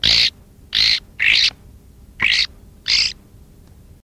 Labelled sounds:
Blue Rock Thrush (Monticola solitarius) call
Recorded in the wild
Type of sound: call
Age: immature
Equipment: Halbspur, 9,5 cm/s
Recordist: Lütgens, Hans
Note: Junges, etwa 17 Tage alt, vor dem Ausfliegen in der Hand

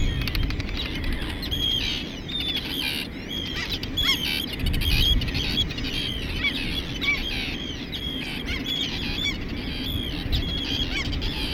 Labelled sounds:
Arctic Tern (Sterna paradisaea) call
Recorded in the wild
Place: Langenwerder, Mecklenburg-Vorpommern, DE
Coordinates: 54.027, 11.493
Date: 1969-06-06
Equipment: Nagra III BH, Sennheiser MD 421
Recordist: Schubert, Michael
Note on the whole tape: Ad. Küstenseeschw. über den Nestern mit Eiern und Jungen, auch Laute am Nest bei Ankunft u. Füttern. Windbullern, doch einige Passagen gut

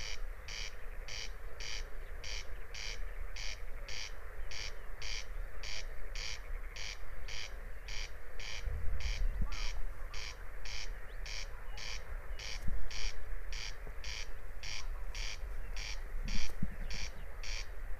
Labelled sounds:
Corn Crake (Crex crex) song
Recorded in the wild
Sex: male
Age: adult
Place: Peenemuende, Usedom, Mecklenburg-Vorpommern, DE
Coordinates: 54.1548, 13.7769
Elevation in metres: 1
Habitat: meadow
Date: 2015-06-04 23:30
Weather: clear, 7°C, almost windless
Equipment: Sound Devices 702, Sennheiser MKH 415 T, Rhode Windschutz
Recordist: Frommolt, Karl-Heinz

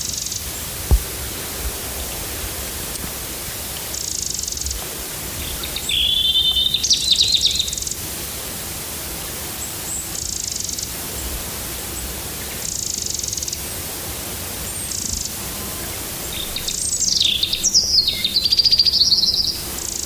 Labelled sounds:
Eurasian Wren (Troglodytes troglodytes) call
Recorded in the wild
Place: Ebeltoft, Halbinsel Mols, DK
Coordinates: 56.2239, 10.5783
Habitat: open country
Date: 1994-04-08
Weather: hazy, rime, ca. 0°C
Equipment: Sony WM-D6C, Sennheiser MKH 70, Kopie Revox C 270
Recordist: Frommolt, Karl-Heinz

